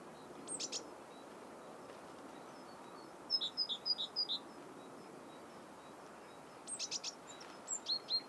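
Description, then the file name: Great tit calling with short high chips, a quick run of several clear notes midway and scattered sharp calls before and after, over steady low background hiss. "Parus major"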